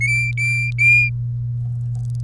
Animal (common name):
Domestic Canary